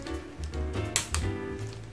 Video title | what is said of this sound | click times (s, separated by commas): 【自作PC】初代core i7で一台組んでいこう！参考にならない自作動画。。 | カチッと音がするまで入れます。 | 1.0 s, 1.1 s